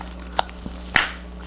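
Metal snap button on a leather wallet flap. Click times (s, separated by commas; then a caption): 1.0 s. The metal snap button on the flap of a small leather Kate Spade Kayla Small L-Zip Wallet in Meringue (KK056) is pressed shut. A faint tick at 0.4 s comes before the sharp, bright snap at 1.0 s, which rings out briefly. The button seats closed.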